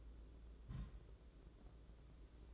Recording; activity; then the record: daily activity, microphone in the room; place on stove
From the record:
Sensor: 3